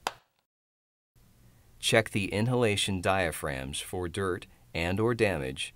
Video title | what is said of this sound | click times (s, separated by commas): 9000 Reusable Full Face Mask Respirator Training Video | then push the retainer onto the cartridge until it snaps into place | 0.1 s